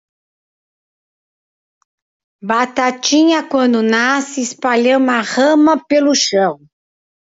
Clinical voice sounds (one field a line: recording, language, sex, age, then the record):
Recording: short text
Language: Brazilian Portuguese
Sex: female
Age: 60 to 69 years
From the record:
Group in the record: control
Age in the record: 64 years